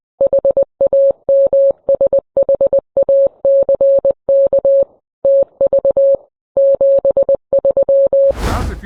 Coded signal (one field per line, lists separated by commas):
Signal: Morse code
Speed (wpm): 20 wpm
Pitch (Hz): 550 Hz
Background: none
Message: HAMSHACKTV 73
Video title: The Ultimate Go-Kit for Ham Radio & Emergency Preparedness